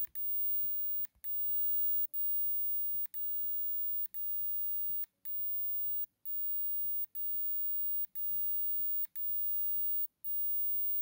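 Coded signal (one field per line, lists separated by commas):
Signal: radio time signal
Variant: DCF77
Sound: steady high-pitched whine, briefly dipping with a click once per second, about 11 times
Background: quiet room noise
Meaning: Time code that sets radio-controlled watches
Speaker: is set in automatic in the European Europe European area zone so is a the CF 77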